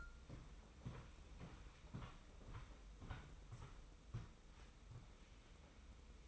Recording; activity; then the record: daily activity, microphone in the room; walk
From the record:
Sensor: 1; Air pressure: 990.7 hPa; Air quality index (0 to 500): 153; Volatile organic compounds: 1000 ppm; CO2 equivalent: 5539 ppm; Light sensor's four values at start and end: 25/58/25/27 and 24/56/24/26